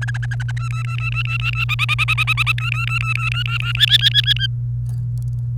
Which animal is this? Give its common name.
Domestic Canary